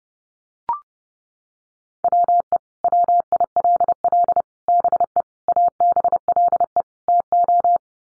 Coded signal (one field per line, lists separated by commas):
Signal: Morse code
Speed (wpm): 30 wpm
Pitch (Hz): 700 Hz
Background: none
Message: WE WILL BE ABLE TO